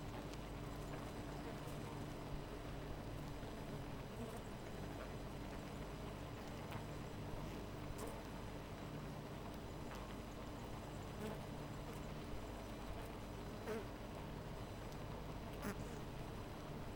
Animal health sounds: honeybee colony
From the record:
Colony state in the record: missing queen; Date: 14 July 2017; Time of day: 13:28

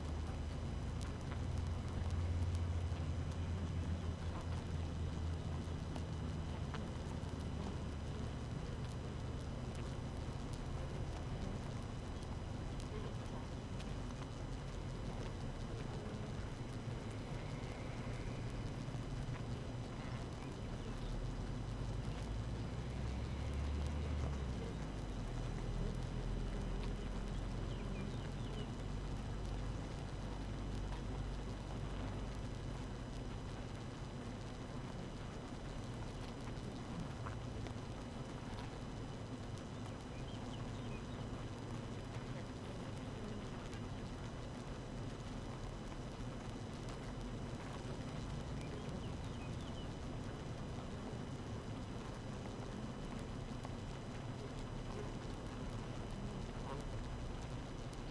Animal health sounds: honeybee colony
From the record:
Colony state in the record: active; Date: 12 June 2018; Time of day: 6:55

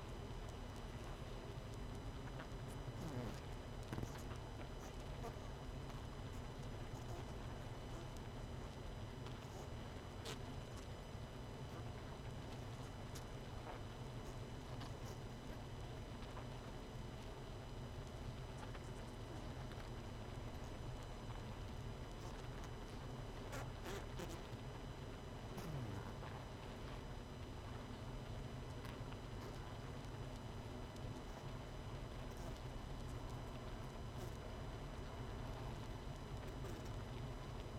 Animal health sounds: honeybee colony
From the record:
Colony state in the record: missing queen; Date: 31 May 2018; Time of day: 21:49

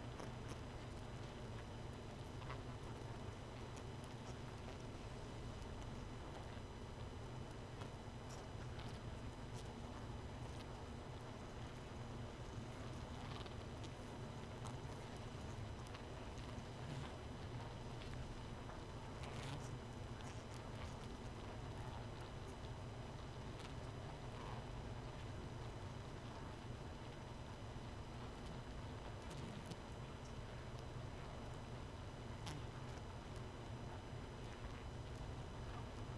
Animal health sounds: honeybee colony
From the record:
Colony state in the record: missing queen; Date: 31 May 2018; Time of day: 1:47

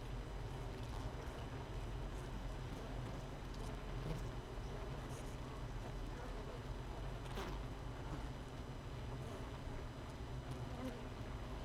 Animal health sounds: honeybee colony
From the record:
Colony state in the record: missing queen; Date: 31 May 2018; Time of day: 6:36

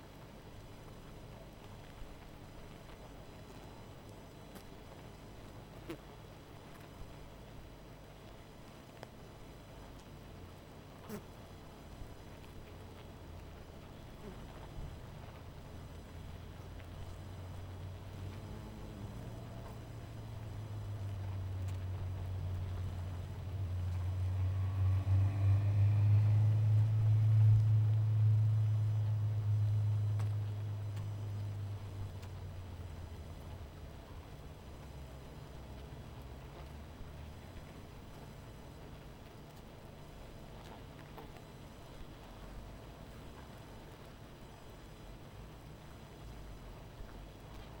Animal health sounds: honeybee colony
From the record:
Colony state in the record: missing queen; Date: 14 July 2017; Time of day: 19:40

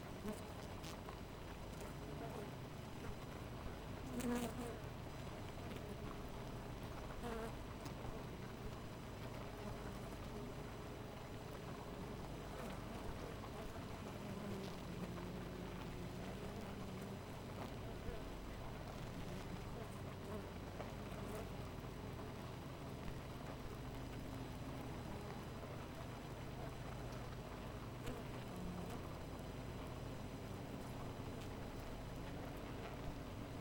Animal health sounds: honeybee colony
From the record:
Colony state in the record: missing queen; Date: 14 July 2017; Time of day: 4:11

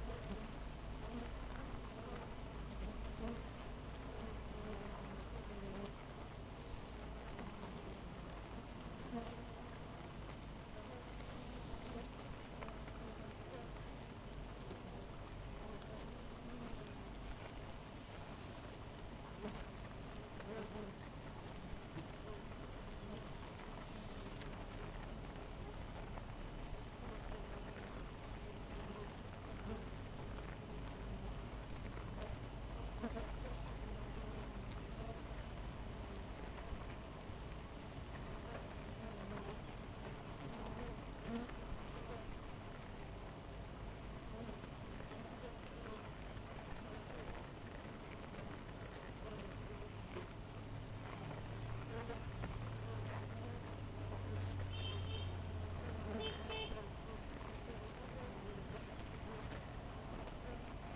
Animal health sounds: honeybee colony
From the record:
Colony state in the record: missing queen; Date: 14 July 2017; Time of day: 6:35

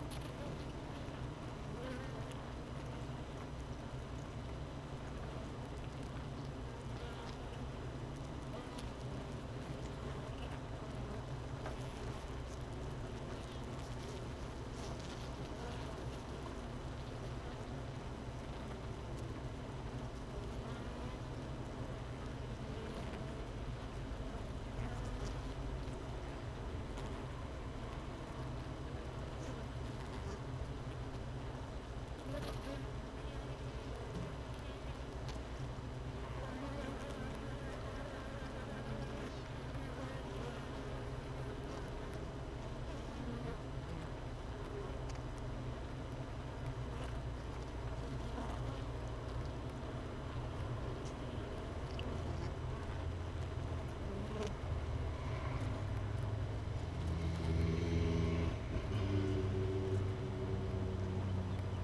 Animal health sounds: honeybee colony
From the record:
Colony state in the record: missing queen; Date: 31 May 2018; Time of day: 13:11

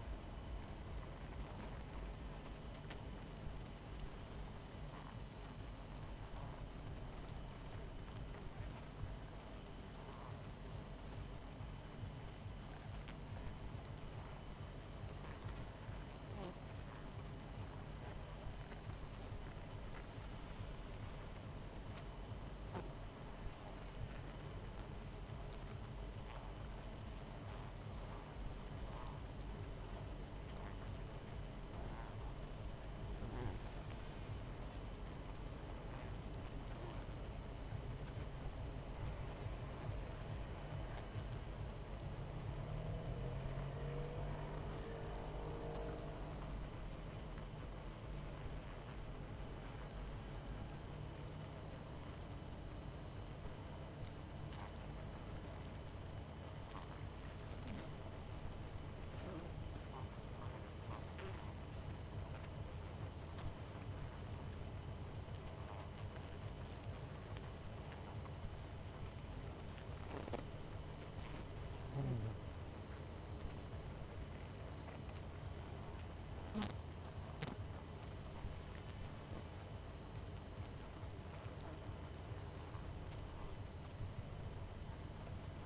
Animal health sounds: honeybee colony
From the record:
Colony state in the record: missing queen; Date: 14 July 2017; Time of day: 23:58

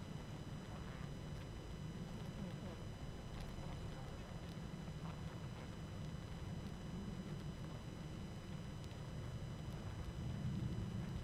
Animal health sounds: honeybee colony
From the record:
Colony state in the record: active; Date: 12 June 2018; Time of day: 20:14

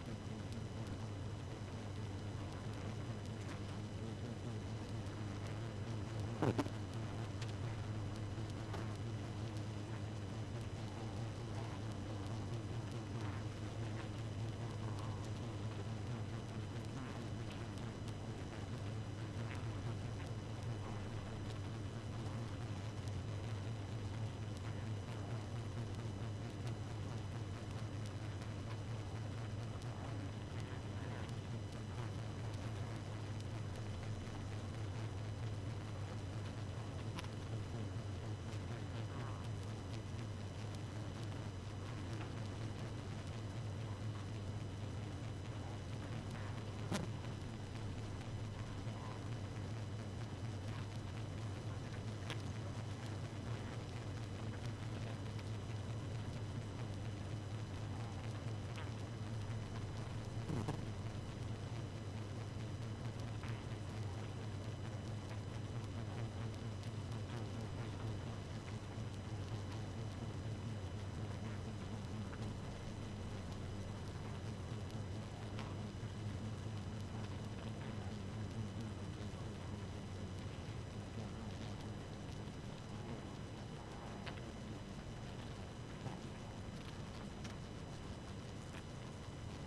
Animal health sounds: honeybee colony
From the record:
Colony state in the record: active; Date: 12 June 2018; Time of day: 0:33

